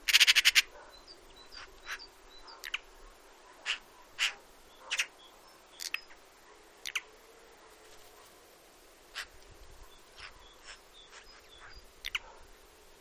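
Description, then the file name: Eurasian magpie gives a harsh rapid chatter at the start, followed by spaced single rasping calls, among faint high chirps of other small birds. "Eurasian Magpie"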